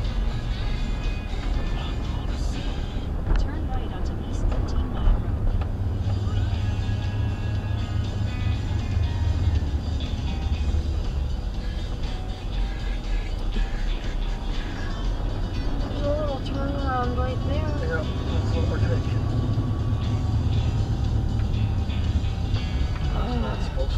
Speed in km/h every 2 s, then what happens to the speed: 23, 27, 32, 34, 32, 21, 11, 16, 27, 39, 35, 21.
0-7 speeds up to 34. 7-13 brakes to 11. 13-18 speeds up to 39. 19-24 brakes to 21.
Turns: 10-16.